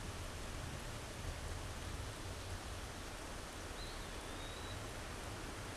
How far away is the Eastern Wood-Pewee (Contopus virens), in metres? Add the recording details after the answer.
about 50 m. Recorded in a Pennsylvania forest on 17 May 2023 at 14:07. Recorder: AudioMoth, point grid1_40_low. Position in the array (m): 95 m, 208 m